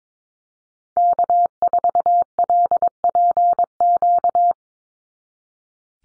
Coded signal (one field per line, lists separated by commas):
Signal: Morse code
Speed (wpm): 22 wpm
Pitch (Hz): 700 Hz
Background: none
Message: K4LPQ